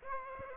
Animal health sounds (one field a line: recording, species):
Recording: mosquito wingbeat signal from an infrared sensor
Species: Aedes aegypti